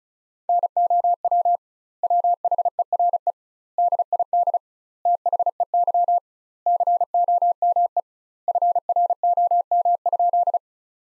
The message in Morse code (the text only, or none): NOW WHERE DID THEY COME FROM?